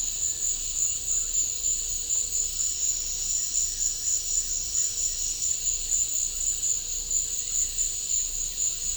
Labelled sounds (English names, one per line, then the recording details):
none
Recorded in pastures near Puerto Asís, Putumayo, Colombia, on 18 December 2024 at 14:00
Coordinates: 0.496, -76.326
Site G004